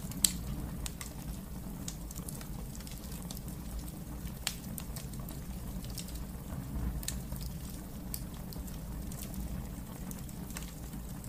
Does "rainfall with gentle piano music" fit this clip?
no